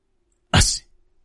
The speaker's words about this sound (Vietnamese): Lưu Cần hắt xì một cái rõ to